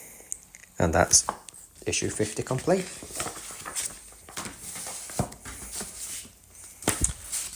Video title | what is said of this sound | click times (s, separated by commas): Build the infinity gauntlet from Fanhome issues 49 - 59 | and push that down until it clicks in position. | 0.3 s